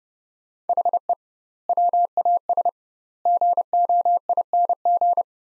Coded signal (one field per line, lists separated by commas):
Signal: Morse code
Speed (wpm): 32 wpm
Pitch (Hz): 700 Hz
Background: none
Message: HE WAS GOING